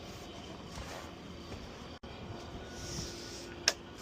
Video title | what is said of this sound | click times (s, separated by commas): NICEST WAKE SURF BOAT OF 2026? FIRST PERSON WALKTHROUGH | Pull that handle back down. You want to hear it till it clicks. | 3.7 s